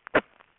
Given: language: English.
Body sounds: throat vibration sensor signal played as sound; cough

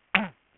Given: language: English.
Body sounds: throat vibration sensor signal played as sound; throat clearing

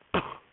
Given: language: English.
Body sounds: throat vibration sensor signal played as sound; cough

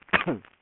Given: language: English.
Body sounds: throat vibration sensor signal played as sound; cough

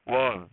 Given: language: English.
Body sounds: throat vibration sensor signal played as sound; speech

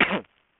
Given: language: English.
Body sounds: throat vibration sensor signal played as sound; cough

